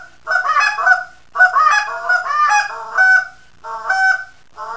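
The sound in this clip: Canada goose gives bursts of harsh, overlapping honks in groups separated by short pauses.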